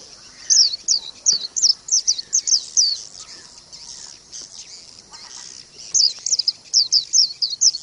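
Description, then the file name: White-eye: two quick runs of high, sharp chirping notes separated by a pause, over faint background hiss. Therapy song meant for caged white-eyes. "audio terapi pleci. omkicau"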